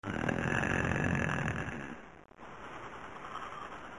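A loud, rough, low rattling snore for about two seconds, then a quieter breath; a sound effect.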